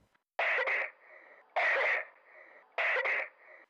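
Three coughing bouts about every 1.2 seconds, each a quick pair of sharp, harsh bursts followed by a faint high whistling breath. No rattle or gurgle is heard. This is a dry cough, bringing up no mucus, in contrast to a wet cough.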